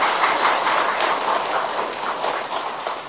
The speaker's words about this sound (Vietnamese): Xin quý vị Phật tử tán thán một tràng pháo tay.